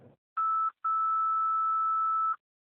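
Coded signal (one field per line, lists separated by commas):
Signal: two-tone page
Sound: brief static, then a short steady beep and a longer 1.5-second tone at similar pitch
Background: radio static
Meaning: Alert tones that activate pagers before a dispatch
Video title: Camden County Test Recording After Repairing Pager (Radio Traffic) 3/30/2025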